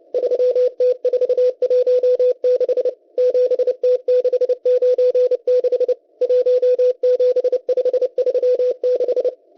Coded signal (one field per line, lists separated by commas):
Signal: Morse code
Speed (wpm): 30 wpm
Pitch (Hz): 500 Hz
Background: radio noise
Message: 3T416 7T696 17536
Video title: M12 Morse Code Numbers 25/04/2024 2020 UTC 11139kHz